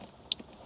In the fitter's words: firmly connect our plug-and-play harness until it clicks.